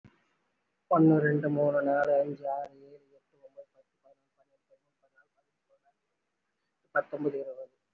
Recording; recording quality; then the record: counting at a fast pace; moderate, slight background noise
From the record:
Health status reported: respiratory illness, not identified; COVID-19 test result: not tested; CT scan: not taken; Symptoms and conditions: cough, cold, breathing difficulty, sore throat, fatigue, muscle pain, pneumonia, another respiratory illness, another condition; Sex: female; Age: 52 years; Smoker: no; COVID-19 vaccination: one dose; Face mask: worn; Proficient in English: no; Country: India